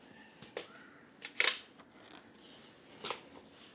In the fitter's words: So bila dah lock nampak dia takkan terlipatlah dia kuat.